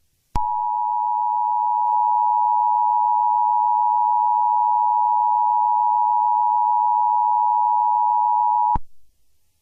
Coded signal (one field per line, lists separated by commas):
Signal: Emergency Alert System (SAME) tones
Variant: 853 and 960 Hz attention tone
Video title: EAS Scenario #83: The Irresistible Phenomenon Part 2